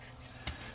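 A plastic mechanism part with clips is pushed into the transport of a Sony TCRX420 cassette deck while its belts are being refitted. A single sharp snap is heard at 0.5 s against a low background hum, and the part is seated in place.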